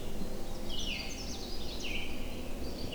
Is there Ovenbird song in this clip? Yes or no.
no